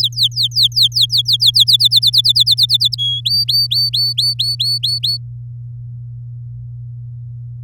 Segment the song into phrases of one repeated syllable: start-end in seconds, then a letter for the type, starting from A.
0.01-1.76 A, 1.79-2.96 B, 2.98-3.21 C, 3.25-5.17 D